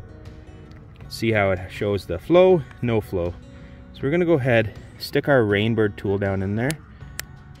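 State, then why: Seated. Someone talks while a Rain Bird sprinkler key tool is inserted into the middle section of a Rain Bird 5000 Plus series gear-driven irrigation rotor and turned clockwise to close the flow shut-off. A single sharp click is heard at 7.2 s as the flow shut-off valve clicks into its off position.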